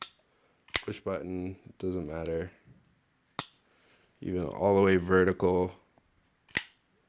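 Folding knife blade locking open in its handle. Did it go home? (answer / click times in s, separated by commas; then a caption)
yes / 6.6 s. A ZT 0562CF folding knife's small blade is flicked open to full vertical while someone talks, with sharp clicks at about 0.8 s and 3.4 s. At 6.6 s its lock engages with a sharp metallic snap, seating the blade solidly in the locked open position.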